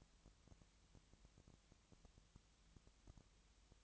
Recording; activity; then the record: daily activity, microphone in the room; no activity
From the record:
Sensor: 3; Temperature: 20.6 degrees Celsius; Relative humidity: 34.7%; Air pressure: 1007.2 hPa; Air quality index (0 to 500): 137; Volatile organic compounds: 3 ppm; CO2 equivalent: 1527 ppm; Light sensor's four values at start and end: 2/3/2/2 and 2/3/2/2